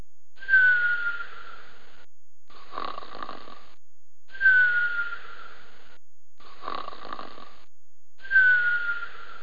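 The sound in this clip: Lion cub snoring, a wheezy breath with a thin whistled tone falling slightly, then a rougher breath, the cycle repeating about every four seconds.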